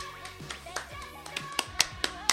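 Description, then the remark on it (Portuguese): A few people clap their hands in a loose, uneven burst of sharp, bright claps that grow a little louder toward the end, with voices talking faintly underneath. “Vocês estão aplaudindo porque é bom?”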